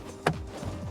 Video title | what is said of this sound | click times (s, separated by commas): 1972 Chevrolet Chevelle - Full custom sound system | I don't know if you heard that snap and you pop it off, right? | 0.3 s